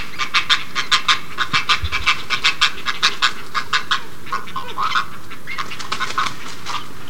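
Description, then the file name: Great egret making repeated raspy, panting pulses. They come quickly at first, then become softer and more irregular. "kotuku"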